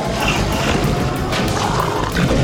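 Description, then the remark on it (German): Deep, guttural beastly roaring and snarling of werewolves attacking zombies pours out continuously and loudly, a dense growling mass with harsh rasping edges, in a frenzy. “Die Werwölfe.”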